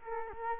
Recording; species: mosquito wingbeat signal from an infrared sensor; Culex quinquefasciatus